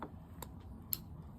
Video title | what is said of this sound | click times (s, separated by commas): Brz wier set up 72v. Moto tec | Got make sure they click in. Listen for the click. | 0.9 s